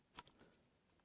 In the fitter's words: slot that in there and it snaps in place, and we'll now